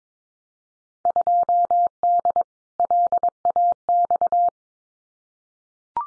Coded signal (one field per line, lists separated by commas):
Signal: Morse code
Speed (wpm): 22 wpm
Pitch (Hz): 700 Hz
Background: none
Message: 2D LAX